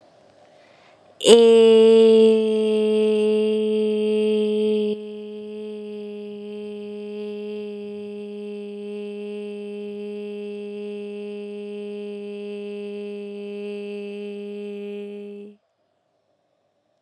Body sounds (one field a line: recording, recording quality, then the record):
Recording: sustained vowel as in made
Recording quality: excellent, no background noise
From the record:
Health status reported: COVID-19 positive, no symptoms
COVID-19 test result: positive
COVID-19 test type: RT-PCR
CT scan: not taken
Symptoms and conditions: none ticked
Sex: female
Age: 22 years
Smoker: no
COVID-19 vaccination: both doses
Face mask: not worn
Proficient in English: yes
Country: India